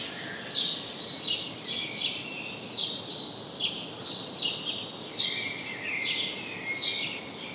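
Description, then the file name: House sparrow chirps: a series of sharp, bright notes with softer twittering between them, over a steady background hiss. "Passer domesticus"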